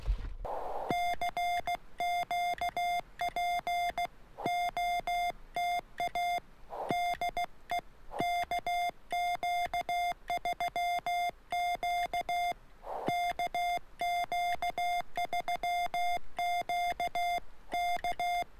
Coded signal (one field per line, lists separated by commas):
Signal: Morse code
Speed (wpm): 16 wpm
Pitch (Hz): 700 Hz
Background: music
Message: CQ POTA DE KQ3Q KQ3Q K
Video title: POTA at Everglades National Park - Morse Code